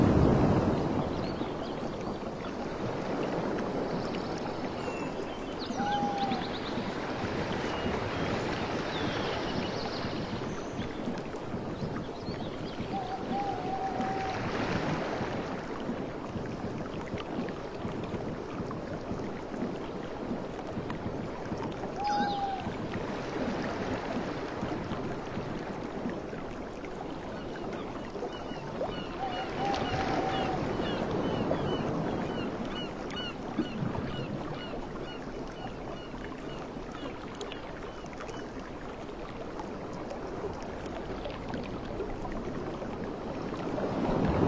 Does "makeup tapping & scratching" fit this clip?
no